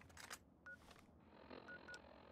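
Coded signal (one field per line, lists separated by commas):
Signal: none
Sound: a game's interface beeps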